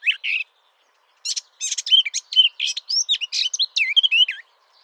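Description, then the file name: Eurasian blackcap singing: a short twittering burst, a pause, then a fast run of varied warbled and whistled notes with sweeping slurs. "Sylvia atricapilla"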